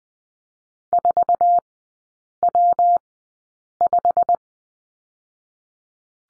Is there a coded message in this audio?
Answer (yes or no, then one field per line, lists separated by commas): yes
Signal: Morse code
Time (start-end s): 0.9-4.4 s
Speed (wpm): 20 wpm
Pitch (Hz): 700 Hz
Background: none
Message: 4W5